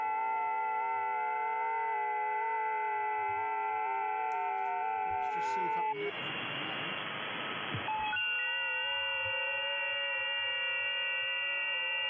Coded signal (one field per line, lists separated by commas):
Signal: FT8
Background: speech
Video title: Livestream operating HF - both phone and FT8